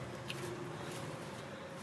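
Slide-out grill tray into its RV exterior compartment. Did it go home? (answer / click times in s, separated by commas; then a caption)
yes / 0.3 s. An outdoor grill on a slide-out tray is pushed back into the exterior compartment of a 2021 Grand Design Solitude 3740BH fifth-wheel RV. Against a steady background hiss, a single sharp, short click at 0.3 s marks the tray locking in place.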